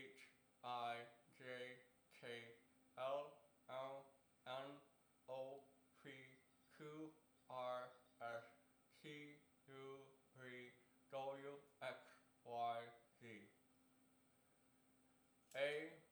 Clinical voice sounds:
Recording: letters of the alphabet, spoken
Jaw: constrained by a bite bar between the teeth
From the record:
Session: first day, right after the free take

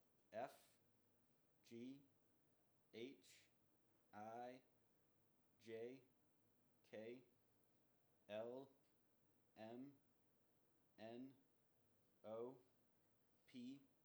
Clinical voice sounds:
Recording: letters of the alphabet, spoken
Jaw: free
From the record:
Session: first day, before the bite bar

